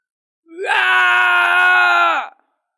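man's agonized scream

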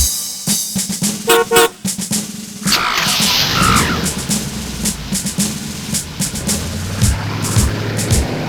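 car horn honking

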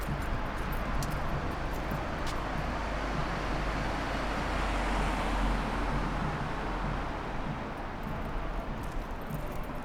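police car driving past

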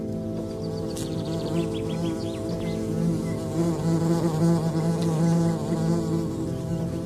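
wasp buzzing

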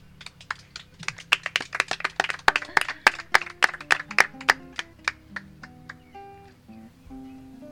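audience applause

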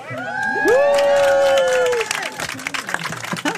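audience applause and cheering

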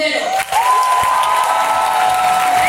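ovation

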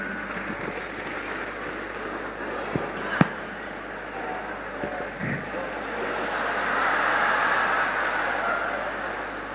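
audience applause

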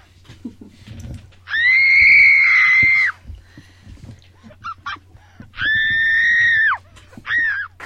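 scream sound effect

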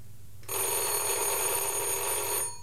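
telephone bell ringing

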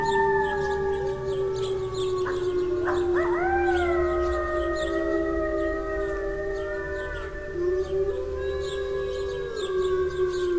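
wolves howling

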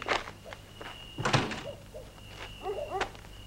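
door being closed

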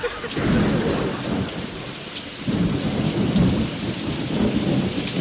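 thunderstorm with heavy rain

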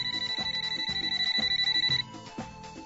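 mobile phone ringing

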